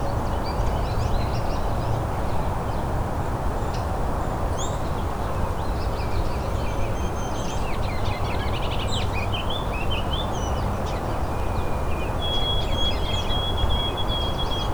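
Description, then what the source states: White-throated Sparrow song, a long pure whistled note held steady near the end, among many short high chirps and twitters from other birds over a constant low rumble. Melodic song, remembered as 'Oh Sweet Canada, Canada'.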